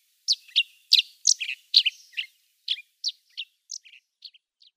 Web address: Schulze Peter Chestnut-shouldered Petronia song